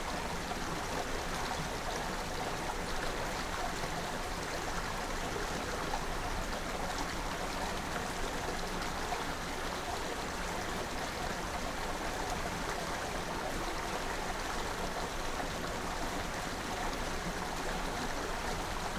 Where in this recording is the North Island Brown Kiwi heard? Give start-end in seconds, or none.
none